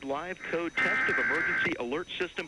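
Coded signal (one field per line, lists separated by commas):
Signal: Emergency Alert System (SAME) tones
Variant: header bursts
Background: speech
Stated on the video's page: National EAS test relayed over a Charter Communications cable system in Northern Michigan.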